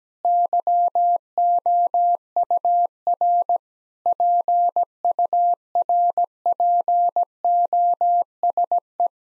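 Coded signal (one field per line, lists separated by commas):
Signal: Morse code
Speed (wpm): 17 wpm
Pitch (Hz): 700 Hz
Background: none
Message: YOUR PURPOSE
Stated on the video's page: Morse head-copy drill of common nine-word groups at 17 wpm, each sent, spoken, then sent again.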